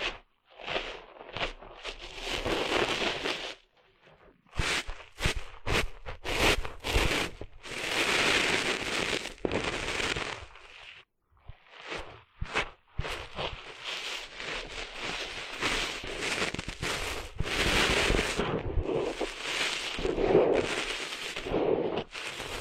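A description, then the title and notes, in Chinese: Sand rustles and scrapes in uneven bursts, with brief sharp crackles and a few near-silent pauses around five and twelve seconds. 沙沙沙…沙滩的沙沙声。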